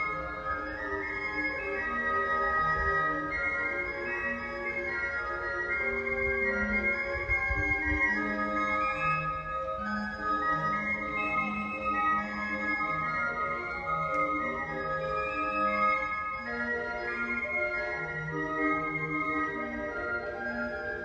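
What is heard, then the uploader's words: A small barrel organ plays a steady, reedy tune, its sustained chords and a bright melody line running unbroken for the whole stretch. The volume holds even throughout, with a low rumbling thump rising briefly around the seven-to-eight second mark. I’m sharing an audio recording of what passed through our street yesterday. I rushed to the balcony in time to see a man in hat and suspenders pushing a small barrel organ down the middle of the street.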